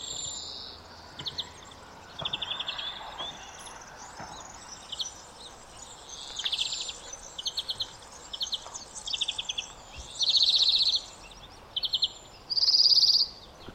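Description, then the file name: European greenfinch calls: many short trilled bursts, soft at first, then two loud, dense buzzy trills near the end. "Chloris chloris"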